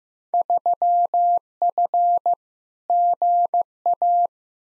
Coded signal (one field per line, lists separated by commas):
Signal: Morse code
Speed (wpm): 15 wpm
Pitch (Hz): 700 Hz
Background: none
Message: 3F GA